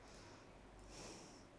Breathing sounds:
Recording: one breath in and out by a microphone near the nose and mouth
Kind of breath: normal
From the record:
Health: marked as sick, illness not named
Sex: female

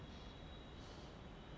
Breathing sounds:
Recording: one breath in and out by a microphone near the nose and mouth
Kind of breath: normal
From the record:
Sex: male

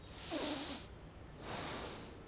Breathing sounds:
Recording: one breath in and out by a microphone near the nose and mouth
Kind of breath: deep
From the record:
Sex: male

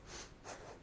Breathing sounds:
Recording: one breath in and out by a microphone near the nose and mouth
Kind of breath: strong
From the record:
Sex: female

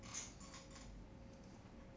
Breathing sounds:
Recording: one breath in and out by a microphone near the nose and mouth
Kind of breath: normal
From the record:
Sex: male

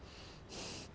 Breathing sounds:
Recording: one breath in and out by a microphone near the nose and mouth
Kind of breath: strong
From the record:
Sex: male

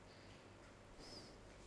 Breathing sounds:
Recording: one breath in and out by a microphone near the nose and mouth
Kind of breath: normal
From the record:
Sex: male

